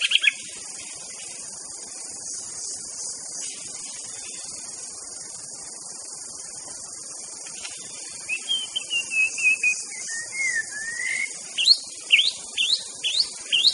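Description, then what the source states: White-rumped shama song: a few brief notes at the start, a long quiet stretch with steady high insect hiss, then a descending whistled run followed by a series of sharp upswept notes, the hiss continuing throughout. Song used as a lure for trapping birds (pikat).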